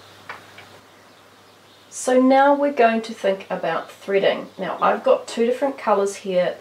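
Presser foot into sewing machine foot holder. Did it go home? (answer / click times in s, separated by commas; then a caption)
yes / 0.3 s. A sewing machine presser foot is lined up under the shank and the lever is lowered until the foot snaps into position in the foot holder, giving a sharp click at 0.3 s and a softer one just after. From about 2 s, someone talks.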